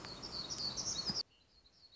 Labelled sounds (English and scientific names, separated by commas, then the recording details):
Black-throated Gray Warbler (Setophaga nigrescens)
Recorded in Sonoma County, California